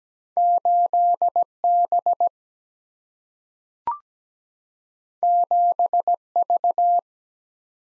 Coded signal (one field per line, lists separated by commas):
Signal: Morse code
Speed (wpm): 17 wpm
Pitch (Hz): 700 Hz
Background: none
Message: 8 B 7 V